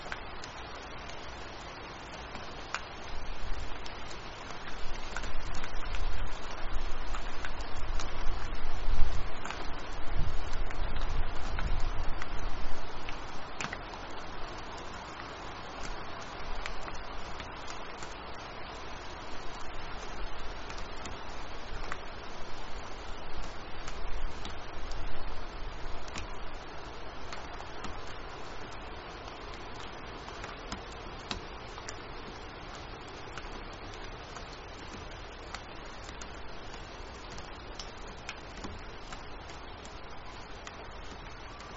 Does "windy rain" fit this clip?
yes